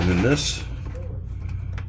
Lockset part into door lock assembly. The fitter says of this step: you get it, just snaps into place like that. Okay.